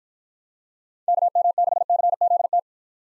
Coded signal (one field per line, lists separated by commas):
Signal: Morse code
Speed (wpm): 53 wpm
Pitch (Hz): 700 Hz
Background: none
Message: KM6CZT